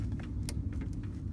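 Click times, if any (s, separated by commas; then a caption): 0.5 s. A wiring harness connector is pushed into the multi-function turn signal switch on the steering column of a 2001-2009 GM vehicle. A sharp click at 0.5 s stands out above a steady low rumble and a few faint ticks. The connector is seated.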